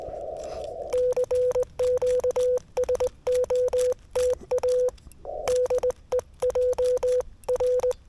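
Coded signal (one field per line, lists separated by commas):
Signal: Morse code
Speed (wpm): 18 wpm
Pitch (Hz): 500 Hz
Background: none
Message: CQ SOTA DE JR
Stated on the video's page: 40m CW summit activation, Yaesu FTX-1F at 5W QRP, 13m long wire antenna, keyed with a GHD straight key.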